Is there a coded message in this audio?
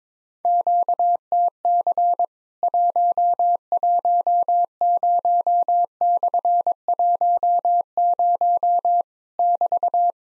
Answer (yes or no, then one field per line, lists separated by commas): yes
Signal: Morse code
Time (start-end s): 0.4-10.1 s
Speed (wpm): 21 wpm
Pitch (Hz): 700 Hz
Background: none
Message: QTC 110/10 <BT>